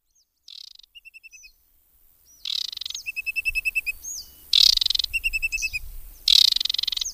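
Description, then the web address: Aquatic warbler song: harsh rasping notes alternating with clean rapid trills. "agykontroll Madardalok Cd 3. Csíkosfejű nádiposzáta"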